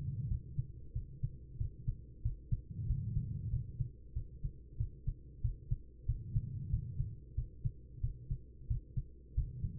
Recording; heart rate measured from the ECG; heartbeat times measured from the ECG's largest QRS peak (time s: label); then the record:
heart sounds by stethoscope; 93 bpm
0.28 s: heartbeat
0.92 s: heartbeat
1.57 s: heartbeat
2.22 s: heartbeat
2.86 s: heartbeat
3.49 s: heartbeat
4.13 s: heartbeat
4.77 s: heartbeat
5.41 s: heartbeat
6.05 s: heartbeat
6.69 s: heartbeat
7.34 s: heartbeat
8.00 s: heartbeat
8.67 s: heartbeat
9.34 s: heartbeat
From the record:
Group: healthy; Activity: rest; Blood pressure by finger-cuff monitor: 107/72 mmHg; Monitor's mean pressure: 85 mmHg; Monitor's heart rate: 93 bpm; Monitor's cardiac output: 6.3 L/min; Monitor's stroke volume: 67 mL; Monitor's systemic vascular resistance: 1000 dyn s/cm5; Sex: female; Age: 43 years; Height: 160 cm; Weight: 90 kg